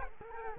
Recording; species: mosquito wingbeat signal from an infrared sensor; Culex quinquefasciatus